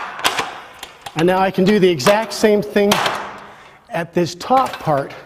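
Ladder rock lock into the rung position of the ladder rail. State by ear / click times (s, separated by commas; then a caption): not seated / none. Someone handles a rock lock at the rung position on the rail of a multi-position aluminium ladder while talking about the top section. Two short sharp sounds are heard at about 0.3 and 0.8 seconds before the talking. Nothing has seated or clicked into place yet.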